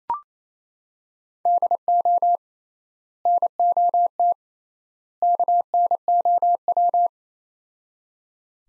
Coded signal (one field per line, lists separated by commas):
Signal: Morse code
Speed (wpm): 28 wpm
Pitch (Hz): 700 Hz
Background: none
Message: DO NOT KNOW